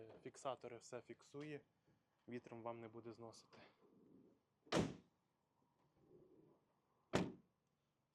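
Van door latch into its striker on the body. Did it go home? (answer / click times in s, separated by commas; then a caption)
yes / 7.2 s. Someone talks, then the door latch of a Renault Trafic 2.0 diesel commercial van is shut and catches on its striker on the body with a single solid thunk at 7.2 s. The door is left closed and latched, closing nicely.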